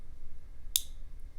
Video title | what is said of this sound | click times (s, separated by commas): Rocktol ST02 Budget EDC Multi-Tool | but this will actually lock into place. | 0.8 s